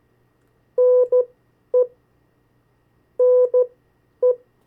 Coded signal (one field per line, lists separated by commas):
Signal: Morse code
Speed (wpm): 14 wpm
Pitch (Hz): 500 Hz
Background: none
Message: NE NE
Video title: 50 State Abbreviations, Variable speeds, in CW Video #2